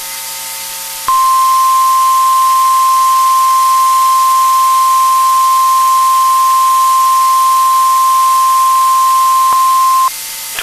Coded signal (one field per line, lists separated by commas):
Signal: Emergency Alert System (SAME) tones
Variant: 1050 Hz attention tone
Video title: TORNADO EMERGENCY EAS ON WNG639 4/15/2022